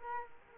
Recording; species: mosquito wingbeat signal from an infrared sensor; Culex quinquefasciatus